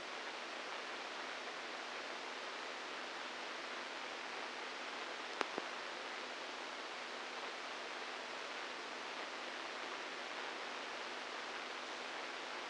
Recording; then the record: brain microelectrode recording played as sound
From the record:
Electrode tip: inside the subthalamic nucleus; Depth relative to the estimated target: -2 mm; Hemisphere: right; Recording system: NeuroSet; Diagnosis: Parkinson's disease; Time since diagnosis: 8 years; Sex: male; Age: 46 years